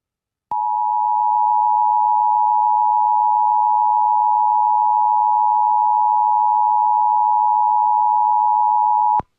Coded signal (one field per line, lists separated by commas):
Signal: Emergency Alert System (SAME) tones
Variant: 853 and 960 Hz attention tone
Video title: (DEACTIVATED AND FOUND SAFE) CA Amber Alert on KFI and KOGO-AM EAS 04/06/2025